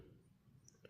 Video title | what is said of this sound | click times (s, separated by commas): Swiss Made Dive Watch (Kore Oceanic) | There it went. It popped out. | 0.7 s, 0.8 s